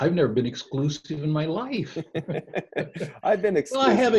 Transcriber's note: both laughing